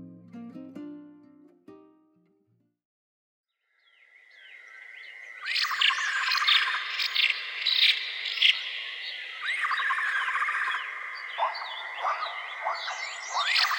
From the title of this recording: Echoing Birds and Insects in the Forest